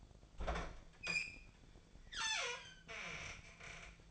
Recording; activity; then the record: daily activity, microphone in the room; open fridge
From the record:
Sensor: 5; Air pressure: 1009.7 hPa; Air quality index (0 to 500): 165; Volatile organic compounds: 4 ppm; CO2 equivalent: 1604 ppm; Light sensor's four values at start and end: 107/277/115/123 and 108/278/116/124